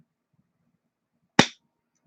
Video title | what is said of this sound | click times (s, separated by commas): Axial Ryft gets a Treal Hobby Sway Bar. Ryft talk, Sway Bar mount thoughts and more. | all right went get it straight and that one snapped in place bam now | 1.4 s